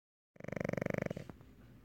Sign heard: Pug snore.